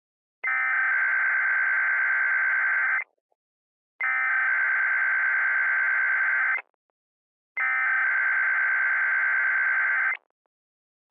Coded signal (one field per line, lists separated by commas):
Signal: Emergency Alert System (SAME) tones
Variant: header bursts